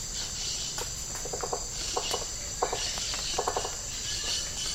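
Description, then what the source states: Insect chorus holding a constant shrill hum, overlaid by quick trains of clicking pulses that come in small clusters every second or so. Tropical rainforest habitat.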